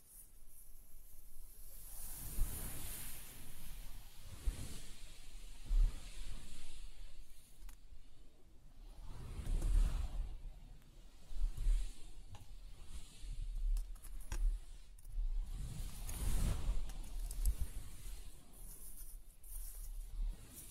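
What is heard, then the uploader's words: Reversed and layered beach sounds form a dense, steady hiss of surf with swelling surges every few seconds, each rising toward a peak rather than breaking away. A low rumble runs underneath, and a bright airy sizzle sits high above throughout. ASMR Meditating Beach Reversed & Layered Sounds (No Talking).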